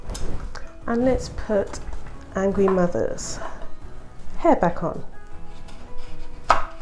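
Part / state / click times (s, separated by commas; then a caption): plastic cleaner head onto its container body / seated / 6.5 s. Someone talks while the plastic head piece of a microwave steam cleaner is pushed onto its plastic container body. A sharp click at 6.5 s marks the top seating on the base, which shows that the cleaner is safely assembled.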